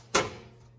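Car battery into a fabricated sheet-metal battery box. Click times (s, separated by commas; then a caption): 0.1 s. A car battery is lowered into a home-made sheet-metal battery tray with welded hold-down tabs, and a single sharp thunk lands at 0.2 s. It rings briefly and fades over about a third of a second against a low steady hum. The battery locks into the custom battery box.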